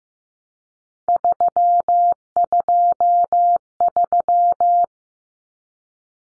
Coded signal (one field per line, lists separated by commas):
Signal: Morse code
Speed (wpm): 15 wpm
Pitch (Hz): 700 Hz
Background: none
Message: 323